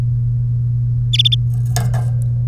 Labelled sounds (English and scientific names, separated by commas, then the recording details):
Domestic Canary (Serinus canaria) song
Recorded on 3 May 2018 at 10:51
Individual llb3